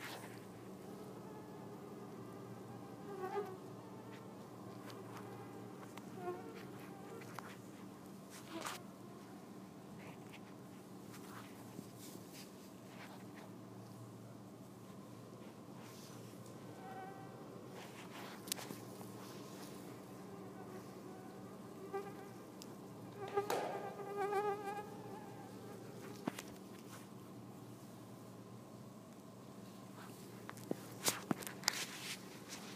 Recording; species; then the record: mosquito flight sound by mobile phone; Anopheles freeborni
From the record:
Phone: iPhone 4S